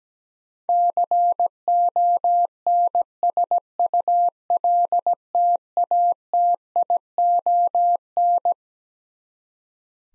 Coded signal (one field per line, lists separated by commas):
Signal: Morse code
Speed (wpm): 17 wpm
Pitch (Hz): 700 Hz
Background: none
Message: CONSULTATION